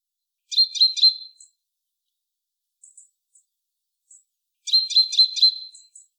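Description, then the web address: Great tit chattering call: two bursts of harsh, buzzy, rapidly repeated notes about four seconds apart, with a few faint high ticks between. "SETE data Parus major"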